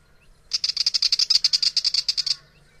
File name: Willie wagtail